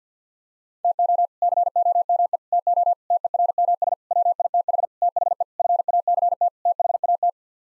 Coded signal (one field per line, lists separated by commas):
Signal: Morse code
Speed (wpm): 50 wpm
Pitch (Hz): 700 Hz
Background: none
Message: TO COME TO TERMS WITH THE FACT THAT